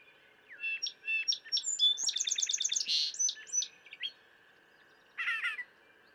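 Brown thrasher in a rapid run of varied chirps and buzzy notes lasting several seconds, followed after a pause by another short phrase.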